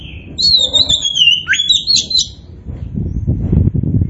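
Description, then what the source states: Oriental magpie-robin song: one rich whistled phrase of sliding notes lasting about two seconds, followed by low knocking and rumbling noises. Indonesian name kacer poci; described as gacor, singing vigorously and often.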